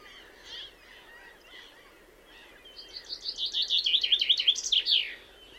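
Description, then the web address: Common chaffinch song, a rapid falling series of notes ending in a flourish, preceded by soft scattered chirps of other birds. "Deverinetal"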